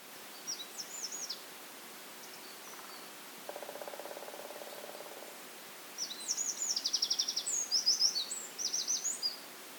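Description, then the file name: Eurasian wren singing a high, fast, sputtering trill of very high notes near the end, after a few faint early notes and a low, steady buzzing hum, over constant hiss. "Troglodytes troglodytes"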